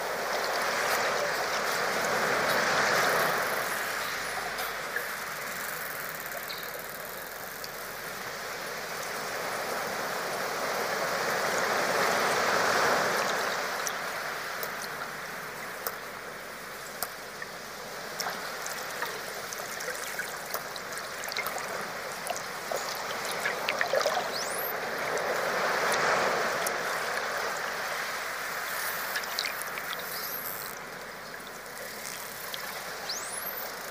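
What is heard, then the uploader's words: Dolphin sounds underwater: a steady hiss swelling and fading in slow waves, with faint rising whistles and scattered clicks near the end. Dolphin Sounds Deep Underwater.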